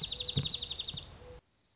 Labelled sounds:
Dark-eyed Junco (Junco hyemalis)
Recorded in Sonoma County, California

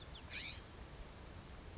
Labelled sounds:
California Scrub-Jay (Aphelocoma californica)
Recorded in Sonoma County, California

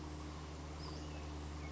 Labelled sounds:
Western Flycatcher (Empidonax difficilis)
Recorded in Sonoma County, California

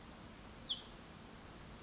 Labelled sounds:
Hutton's Vireo (Vireo huttoni)
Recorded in Sonoma County, California

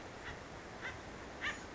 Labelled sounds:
Acorn Woodpecker (Melanerpes formicivorus)
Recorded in Sonoma County, California

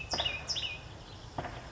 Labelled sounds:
California Towhee (Melozone crissalis)
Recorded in Sonoma County, California

